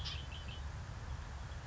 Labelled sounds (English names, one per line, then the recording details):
Red-winged Blackbird
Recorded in Sonoma County, California